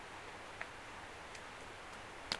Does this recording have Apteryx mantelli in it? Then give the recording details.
no. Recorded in New Zealand on 17 November 2013. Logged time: 03:42. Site BS16